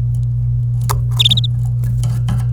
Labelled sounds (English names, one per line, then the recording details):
Domestic Canary song
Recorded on 26 April 2018 at 07:09
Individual llb3